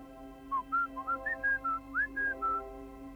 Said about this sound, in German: Da hörte ich den Pfiff.